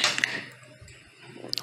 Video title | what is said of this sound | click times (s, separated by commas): how to change nmax v2 keyless key knob | Pag tumunog ibig sabihin naka-lock na yon tapos na ganon lang kadali | 1.5 s